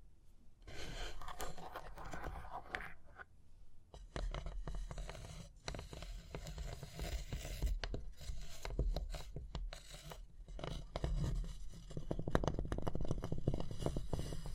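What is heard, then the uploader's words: Tapping and scratching go on almost without pause, a dense run of short dry taps mixed with rough scraping strokes. A low rumble sits underneath throughout, with brief quieter gaps near four, five and a half, and ten seconds, and the busiest stretch comes near the end. Tapping and Scratching (No Talking).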